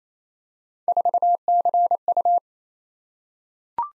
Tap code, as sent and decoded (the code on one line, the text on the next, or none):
none